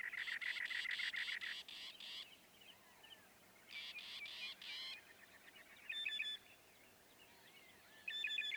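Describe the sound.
Northern mockingbird song, bursts of fast repeated notes changing in character between phrases, over a steady hiss of background noise.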